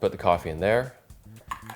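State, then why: Seated. Someone talks, then fills a reusable plastic Keurig coffee pod with coffee and closes its hinged plastic lid. A sharp, short snap is heard at 1.5 s as the lid clicks shut and seats.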